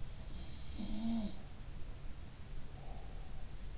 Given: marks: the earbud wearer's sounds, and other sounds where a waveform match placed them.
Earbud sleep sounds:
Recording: sounds in sleep by an in-ear microphone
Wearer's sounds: breath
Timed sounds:
0.53-1.63 s: sound from someone else or the room
2.57-3.57 s: breath

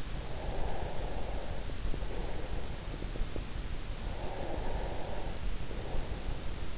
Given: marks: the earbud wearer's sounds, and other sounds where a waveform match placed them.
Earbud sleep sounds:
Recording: sounds in sleep by an in-ear microphone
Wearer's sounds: breath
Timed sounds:
0.00-2.93 s: breath
3.70-6.77 s: breath

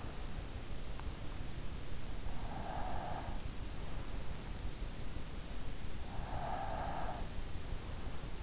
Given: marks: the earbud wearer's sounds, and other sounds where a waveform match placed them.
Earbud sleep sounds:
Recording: sounds in sleep by an in-ear microphone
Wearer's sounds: breath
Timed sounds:
2.17-3.54 s: breath
6.09-7.75 s: breath

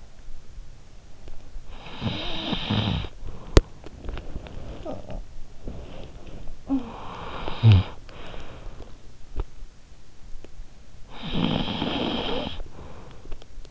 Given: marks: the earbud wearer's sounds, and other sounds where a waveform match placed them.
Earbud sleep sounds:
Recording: sounds in sleep by an in-ear microphone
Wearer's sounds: snoring breath, teeth grinding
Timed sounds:
1.70-3.41 s: snoring breath
3.41-4.41 s: teeth grinding
4.41-6.48 s: sound from someone else or the room
6.73-9.30 s: snoring breath
10.70-13.70 s: snoring breath

